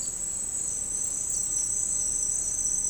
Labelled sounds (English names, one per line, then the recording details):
none
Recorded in secondary vegetation near Puerto Asís, Putumayo, Colombia, on 13 March 2025 at 11:30
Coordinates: 0.502, -76.326
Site G100